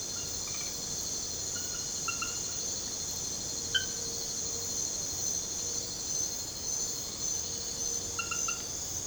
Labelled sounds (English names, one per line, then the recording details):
none
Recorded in secondary vegetation near Puerto Asís, Putumayo, Colombia, on 22 December 2024 at 21:30
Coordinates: 0.489, -76.322
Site G059